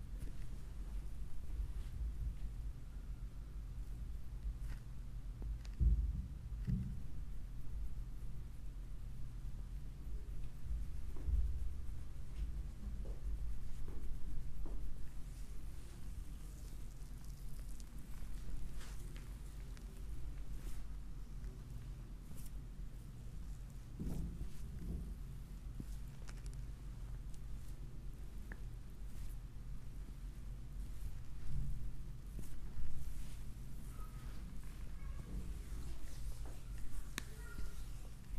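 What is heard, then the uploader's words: A foot massage with oil in a chair, heard as a soft, steady low rubbing and shuffling throughout. Brief bumps and slick thuds pop out now and then, around 6, 11, 24 and 33 seconds, over a faint constant hum. ASMR relaxing oil foot massage in chair.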